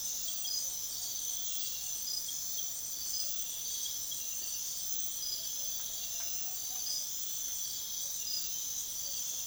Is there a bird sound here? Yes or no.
yes